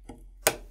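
A Corsair DDR4 memory stick is pushed into a motherboard DIMM slot after the retention tab has been pulled back. A faint tick sounds at 0.1 s, then a sharp, bright click at 0.5 s as the module seats in the slot.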